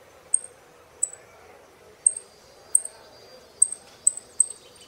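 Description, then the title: Saffron finch with high, clipped chips repeated irregularly, growing quicker toward the end, over soft background hiss. "Jilguero Argentino"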